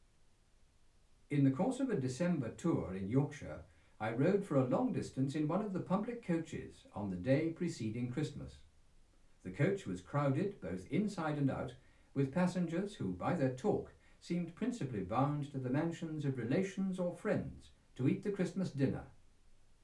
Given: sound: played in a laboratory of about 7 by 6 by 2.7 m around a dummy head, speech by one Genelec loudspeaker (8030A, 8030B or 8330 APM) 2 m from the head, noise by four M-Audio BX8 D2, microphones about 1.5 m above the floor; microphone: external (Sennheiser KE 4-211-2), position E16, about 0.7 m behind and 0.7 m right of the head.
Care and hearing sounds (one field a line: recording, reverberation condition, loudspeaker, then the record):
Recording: male speech in English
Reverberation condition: low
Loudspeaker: 30 degrees to the left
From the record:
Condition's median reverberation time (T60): about 310 ms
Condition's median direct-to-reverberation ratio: about 3.5 dB